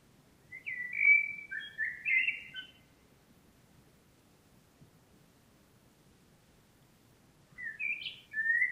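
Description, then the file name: Common blackbird singing a short fluty whistled phrase, then silence, then another mellow phrase starting near the end. "Turdus merula"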